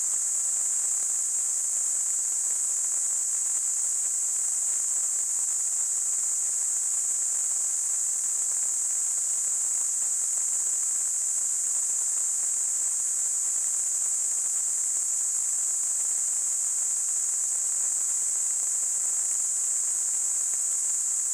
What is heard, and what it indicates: Tinnitus.